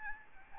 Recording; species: mosquito wingbeat signal from an infrared sensor; Aedes albopictus